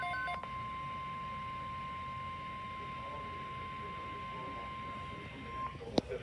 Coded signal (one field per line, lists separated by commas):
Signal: Emergency Alert System (SAME) tones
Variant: 1050 Hz attention tone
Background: speech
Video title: EAS #955 NOAA Weather Radios (WR-300/WR-400) Severe Thunderstorm Watch #650 8/15/23 2:09 PM EDT